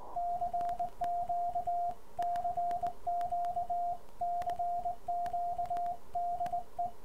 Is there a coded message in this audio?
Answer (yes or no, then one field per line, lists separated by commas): yes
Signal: Morse code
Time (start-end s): 0.2-6.9 s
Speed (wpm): 19 wpm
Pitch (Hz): 690 Hz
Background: radio noise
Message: CQ CQ CQDE